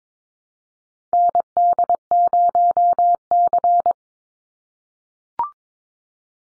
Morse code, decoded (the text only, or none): ND0C